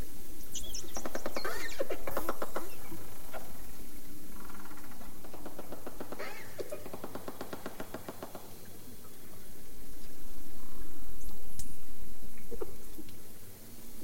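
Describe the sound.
Dolphin burst-pulse sounds, several buzzy rattling trains separated by pauses, with a faint high whistle near the end.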